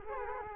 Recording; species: mosquito wingbeat signal from an infrared sensor; Culex quinquefasciatus